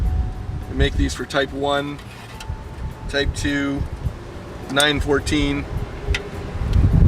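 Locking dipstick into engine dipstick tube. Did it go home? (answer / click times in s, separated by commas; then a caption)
yes / 6.2 s. Someone talks while a locking billet dipstick is pushed into the dipstick tube of a VW Type 1 engine. It locks into place with a sharp click at 6.2 seconds and stays seated without coming out.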